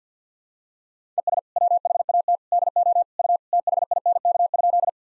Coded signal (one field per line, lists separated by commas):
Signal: Morse code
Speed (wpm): 50 wpm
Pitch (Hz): 700 Hz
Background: none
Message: ES WHAT DO U THINK?